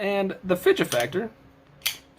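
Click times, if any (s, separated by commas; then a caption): 1.9 s. Someone talks, then a folding Spyderco Emphasis knife blade is flicked open through its thumb hole with a sharp snap at 1.9 s. The blade locks open as its stainless steel liner lock engages.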